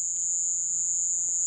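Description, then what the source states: India's short-tailed cricket calling song: one steady, very high, unbroken buzzing tone held throughout, with no pauses. Calling song of a male, recorded at Pine Key, Monroe County, Florida; played back.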